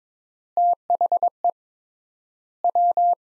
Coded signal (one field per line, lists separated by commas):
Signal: Morse code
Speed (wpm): 22 wpm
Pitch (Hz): 700 Hz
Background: none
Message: THE W